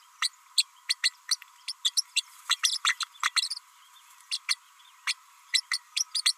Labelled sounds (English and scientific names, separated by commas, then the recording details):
Green-rumped Parrotlet (Forpus passerinus) babbling
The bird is a female
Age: 32 days
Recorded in a nest box in Venezuela
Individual 17B32A5